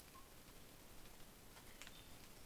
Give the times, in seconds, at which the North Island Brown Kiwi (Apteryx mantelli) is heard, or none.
none